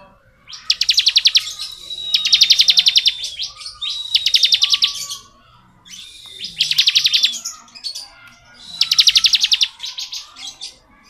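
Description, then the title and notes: Bar-winged prinia trilling song, five fast metallic pulsed bursts with a thin whistled tone running through them, separated by short gaps. Song style called ngebren; recording used as training audio for oriental magpie-robins. "Ciblek Ngebren Untuk Masteran Murai Batu. Suara burung ciblek - Suara Nada"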